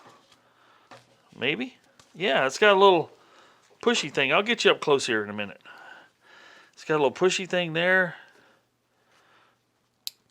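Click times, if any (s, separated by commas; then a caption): 10.1 s. Someone talks while handling the two halves of a plastic battery-charger lead connector with a small push tab on a NOCO Genius four-bank battery charger. The halves are pushed together and join with a sharp, brief click at 10.1 s, seating the lead connector into its mating connector.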